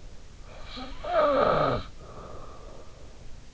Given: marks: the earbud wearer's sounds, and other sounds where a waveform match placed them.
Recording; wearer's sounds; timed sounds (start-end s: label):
sounds in sleep by an in-ear microphone; snoring breath
0.56-3.18 s: snoring breath